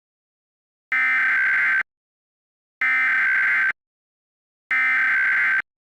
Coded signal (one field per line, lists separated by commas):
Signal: Emergency Alert System (SAME) tones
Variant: header bursts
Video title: EAS Scenario #3: Critical Flare